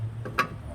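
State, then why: Seated. A hitch latch part, set in its saddle mount and raised slightly, is turned until it seats. A faint tick sounds at 0.3 s, then a sharp, bright click at 0.4 s over a low hum. The latch clicks home and is seated.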